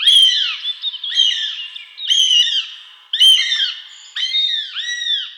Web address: Habicht. autour des palombes